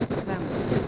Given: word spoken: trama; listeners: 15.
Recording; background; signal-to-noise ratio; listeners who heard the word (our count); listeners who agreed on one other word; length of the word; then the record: one Spanish word in noise, from a listening test; noise modulated by three-talker babble; -6.3 dB; 1 of 15; 6 of 15; 0.48 s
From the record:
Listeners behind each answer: 6, 1, 1, 1, 1, 1, 1, 1, 1, 1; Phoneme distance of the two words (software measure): 17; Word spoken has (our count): 2 syllables, 5 phonemes, stress on syllable 1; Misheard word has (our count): 2 syllables, 4 phonemes, stress on syllable 1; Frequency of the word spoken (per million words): 18.76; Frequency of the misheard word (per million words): 21.64